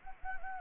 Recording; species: mosquito wingbeat signal from an infrared sensor; Anopheles gambiae